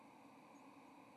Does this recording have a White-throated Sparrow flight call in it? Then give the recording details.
no. Another species' flight call is heard. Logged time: 09:13 on 30 October 2014